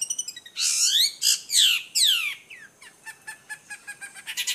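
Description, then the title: Long-tailed shrike song with harsh, loud descending notes followed by a run of softer rapid ticks and chips. Combination song (kicau kombinasi). "Kicau Pentet Kombinasi"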